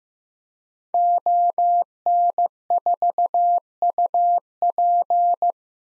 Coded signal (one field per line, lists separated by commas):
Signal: Morse code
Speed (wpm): 16 wpm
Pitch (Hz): 700 Hz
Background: none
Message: ON4UP